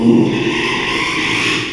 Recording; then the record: squeal of a Yucatan mini pig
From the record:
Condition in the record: after surgery on the right vocal fold (resection and tissue-engineered implant); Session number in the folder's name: 1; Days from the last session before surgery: 6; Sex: male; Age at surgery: 12 weeks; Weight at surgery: 13 kg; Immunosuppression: cyclosporine, prednisolone